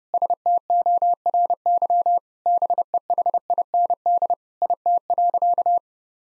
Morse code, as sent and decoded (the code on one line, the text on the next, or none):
... - --- .-. -.-- / -... . .... .. -. -.. / .. - .-.-.-
STORY BEHIND IT.